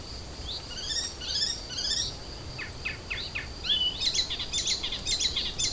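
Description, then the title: Icterine warbler song opening with rapid rattling trills, then scattered harsh notes and a bright burst of chattering squeaks near the end. Kirchdorf, Germany. "Kirchdorf, Deutschland - Gelbspötter"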